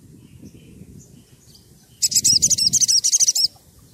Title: Pancingan Suara Siulan Kacer Gacor Untuk Memancing Kacer Lain Agar Mau Nyaut Bunyi